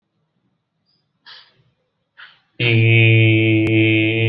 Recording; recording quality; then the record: sustained vowel as in made; excellent, no background noise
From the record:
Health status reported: exposed to COVID-19, no respiratory illness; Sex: male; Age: 44 years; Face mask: not worn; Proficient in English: yes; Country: India